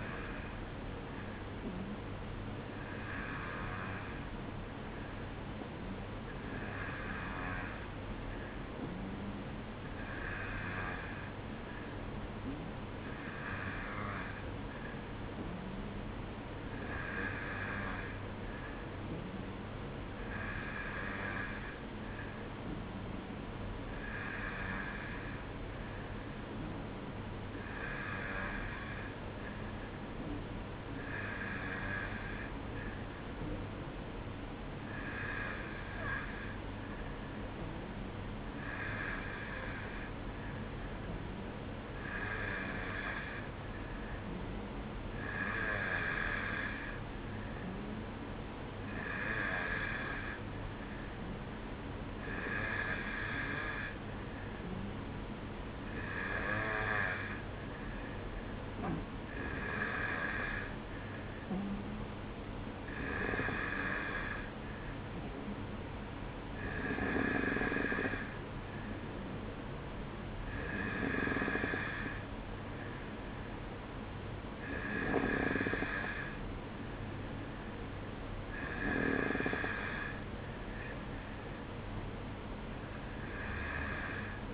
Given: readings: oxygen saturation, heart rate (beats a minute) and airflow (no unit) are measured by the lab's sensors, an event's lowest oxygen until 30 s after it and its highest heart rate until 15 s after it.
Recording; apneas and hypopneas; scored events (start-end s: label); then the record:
breathing in sleep by a voice recorder at the bedside; none
74.00-84.54 s: new sleep stage, N1 (lightest sleep)
From the record:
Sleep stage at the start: N2 (light sleep); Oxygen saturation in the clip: 91 to 93%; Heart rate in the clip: 53 to 57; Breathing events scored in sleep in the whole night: 305 in 9.6 hours asleep